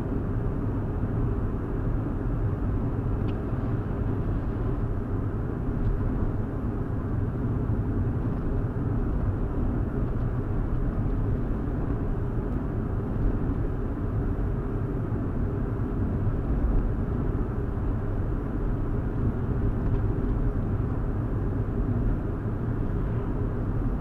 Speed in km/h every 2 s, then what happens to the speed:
71, 71, 71, 71, 72, 72, 72, 72, 72, 72, 71, 71.
0-24 steady at about 71.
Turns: none.